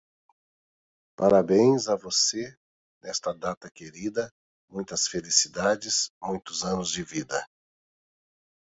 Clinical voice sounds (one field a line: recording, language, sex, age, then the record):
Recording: short text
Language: Brazilian Portuguese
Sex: male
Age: 50 to 59 years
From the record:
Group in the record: control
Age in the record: 55 years